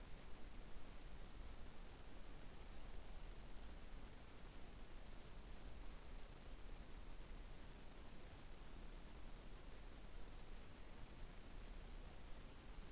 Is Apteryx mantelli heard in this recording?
no